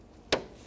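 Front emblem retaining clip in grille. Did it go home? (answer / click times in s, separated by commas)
released / 0.3 s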